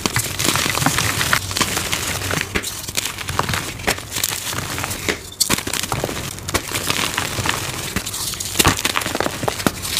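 Soft, crispy crunches of dyed gym chalk come in a dense, uneven stream across the whole ten seconds. Each crunch is a bright, dry crackle, with a few sharper snaps near the middle and close to the end, over a faint low rumble.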